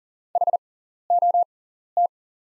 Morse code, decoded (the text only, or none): HOT